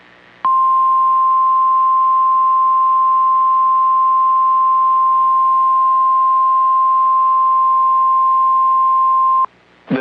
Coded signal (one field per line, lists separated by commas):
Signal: Emergency Alert System (SAME) tones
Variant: 1050 Hz attention tone